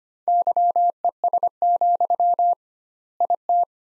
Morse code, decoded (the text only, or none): YES, IT